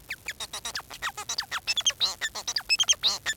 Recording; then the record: song of a male Bengalese finch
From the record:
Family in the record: son of father 4